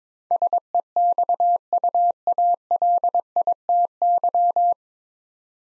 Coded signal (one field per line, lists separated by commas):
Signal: Morse code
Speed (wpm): 22 wpm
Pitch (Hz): 700 Hz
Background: none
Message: SEXUALITY